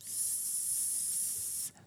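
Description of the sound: A steady, high-pitched hissing whine lasting under two seconds: an adult man's vocal imitation of his constant tinnitus, which began after his jaw was corrected with braces. He likens it to the whine of an old tube TV being switched on, and says the real tone is higher still, a very high-pitched squeal.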